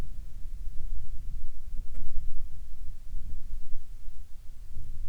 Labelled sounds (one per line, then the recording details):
wind
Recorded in the Arctic National Wildlife Refuge, Alaska, on 7 July 2019 at 18:48
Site 41